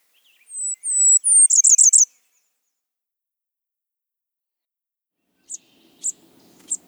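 Blackburnian warbler singing one extremely high, thin phrase of slurred notes ending in a rapid burst, then three scattered high chips after a pause.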